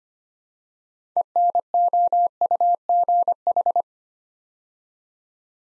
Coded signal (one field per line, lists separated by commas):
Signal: Morse code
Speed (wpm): 25 wpm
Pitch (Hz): 700 Hz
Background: none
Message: ENOUGH